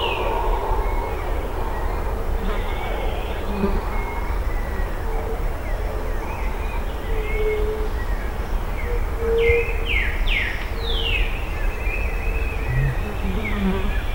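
Bird calls: a run of descending whistled sweeps near the end, with scattered short chirps over a constant low rumble.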